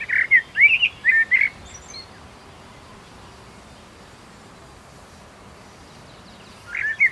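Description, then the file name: Common blackbird: a quick burst of several short notes over about one and a half seconds, then a long quiet pause before another brief call at the end. "Turdus merula"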